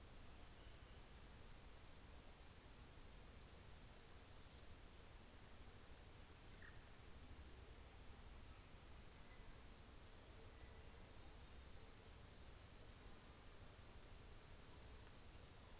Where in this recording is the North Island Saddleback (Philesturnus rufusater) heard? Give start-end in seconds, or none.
none